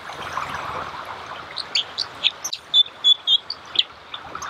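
Dipper calls: after a quiet start, several sharp, high, clipped notes come in quick succession over a low rushing background.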